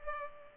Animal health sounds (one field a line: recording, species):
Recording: mosquito wingbeat signal from an infrared sensor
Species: Culex pipiens